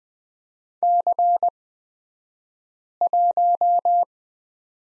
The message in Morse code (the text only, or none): C1